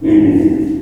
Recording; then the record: squeal of a Yucatan mini pig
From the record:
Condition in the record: before surgery on the right vocal fold (resection and tissue-engineered implant); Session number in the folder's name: 1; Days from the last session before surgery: -21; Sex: female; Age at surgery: 19 weeks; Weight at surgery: 25 kg